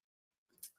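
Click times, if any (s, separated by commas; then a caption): 0.6 s. A small air-threading lever on a serger is slid down to set the looper path for air threading and locks in place. After faint rustling, a short sharp click sounds at 0.6 s, and the lever is seated.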